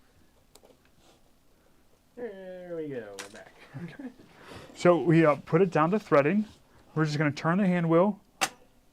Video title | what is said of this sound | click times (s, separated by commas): 11/25/23 - Serger and IQ Zippers | until you hear it lock and it locks these tubes right down here and that's what allows the thread to travel through our Loopers | 8.4 s